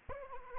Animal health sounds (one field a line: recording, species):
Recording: mosquito wingbeat signal from an infrared sensor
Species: Anopheles arabiensis